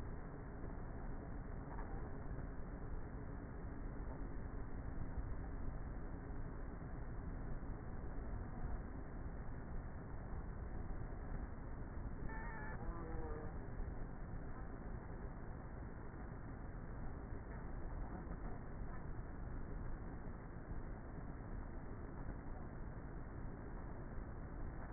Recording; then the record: honeybee colony, microphone inside the hive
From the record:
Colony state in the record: queenless with a low population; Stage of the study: before two queens were removed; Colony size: about 30,000 bees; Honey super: no